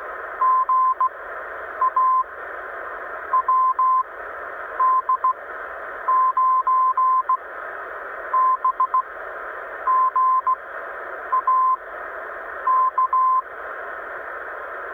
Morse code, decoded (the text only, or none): GA WD9BGA K